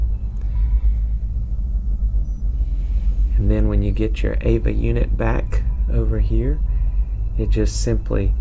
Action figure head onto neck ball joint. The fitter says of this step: you just take that and you pop it click right into place there and